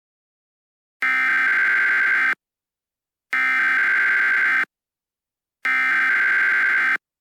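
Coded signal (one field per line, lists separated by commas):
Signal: Emergency Alert System (SAME) tones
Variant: header bursts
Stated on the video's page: Fake EAS scenario, simulated alert made with ClipChamp and SitePal.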